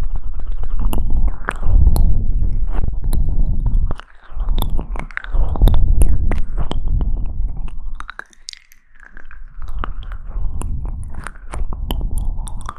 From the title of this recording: Mouth Sounds